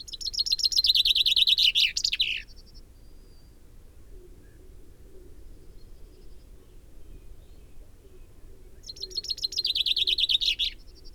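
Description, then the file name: Common chaffinch singing two phrases several seconds apart, each a fast run of sharp repeated notes, the second cut off at the end, with quiet background between. "Fringilla coelebs"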